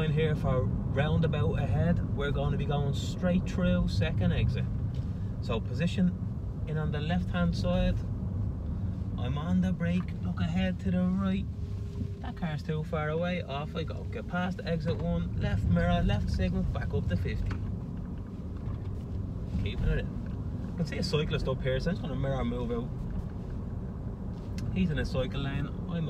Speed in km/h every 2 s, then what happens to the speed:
40, 46, 44, 39, 32, 18, 15, 19, 28, 35, 47, 48, 40.
1-12 slows to 15. 12-20 speeds up to 47. 20-26 steady at about 47.